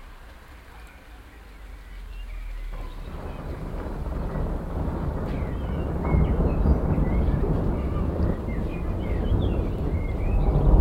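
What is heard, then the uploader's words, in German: Thunder rumbles low and builds steadily, growing denser and louder after about three seconds, with faint bird chirps scattered above. Gewitterstimmung. Ich sitze gerade auf dem Balkon. Es donnert.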